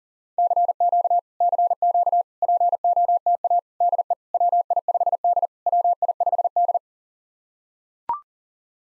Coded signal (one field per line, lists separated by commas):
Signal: Morse code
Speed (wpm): 40 wpm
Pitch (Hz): 700 Hz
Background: none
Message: CQ CQ POTA DE WI5D WI5D